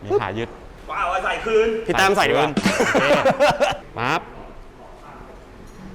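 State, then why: Not seated. A quick-release (detachable) accessory bracket is handled at its metal docking point on a Harley-Davidson Fat Bob 114 motorcycle while someone talks through most of the clip, which then falls to quiet background after about 4.2 seconds. Nothing has seated or clicked yet.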